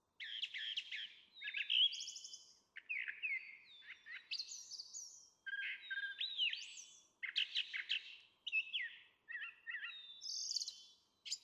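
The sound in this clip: Brown Thrasher delivering a continuous string of different phrases, sweeping whistles, buzzes and chirps, many paired, each group followed by a short gap.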